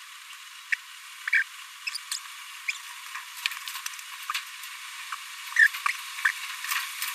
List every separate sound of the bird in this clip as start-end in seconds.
0.72-0.74, 1.32-1.43, 1.86-1.89, 2.68-2.71, 5.12-5.13, 5.56-5.67, 6.25-6.29